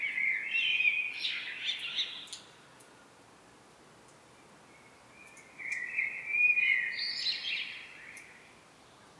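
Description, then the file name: Common blackbird song: two mellow warbled phrases, each rising into a scratchy high twitter, separated by a quiet gap of about three seconds. "Turdus merula"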